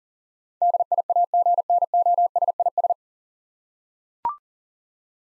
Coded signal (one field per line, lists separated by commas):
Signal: Morse code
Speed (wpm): 40 wpm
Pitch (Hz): 700 Hz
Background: none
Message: DIAGNOSIS